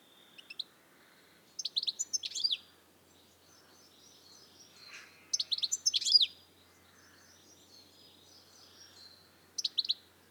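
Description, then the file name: European goldfinch calling in several bursts of high, liquid twittering notes spaced a few seconds apart. "Carduelis carduelis"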